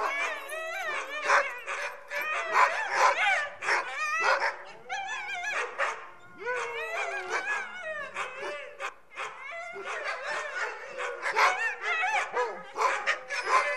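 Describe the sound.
Many dogs whining, yelping and barking together in a continuous overlapping chorus, with rising and falling whimpers throughout.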